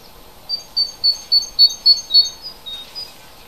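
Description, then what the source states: Bird delivering a quick run of about ten high, clear chirps at a steady pace, the last few notes softer and trailing off. Native hedgerow bird, recorded in February.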